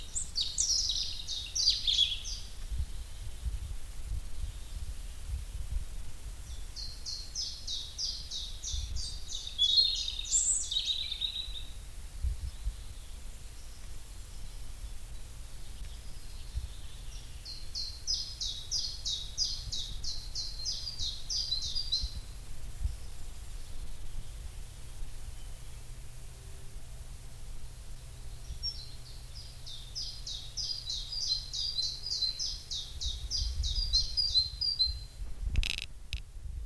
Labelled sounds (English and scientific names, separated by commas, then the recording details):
European Robin (Erithacus rubecula)
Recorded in the wild
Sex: male
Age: adult
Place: Grasehorst, Berlin, DE
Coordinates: 54.13, 10.16
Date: 1989-04-30 10:30
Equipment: Uher 4400 Report Monitor, Sennheiser ME 80, K 30 AV
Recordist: Fischer, Stefan